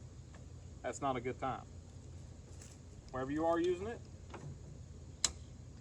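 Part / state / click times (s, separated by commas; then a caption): climbing pin into jack rack hole / seated / 5.2 s. Someone talks while a high-lift jack's handle is worked, with a few faint ticks in the background. At 5.3 s the steel climbing pin snaps into the next hole of the steel rack with a single sharp click, and the pin is seated.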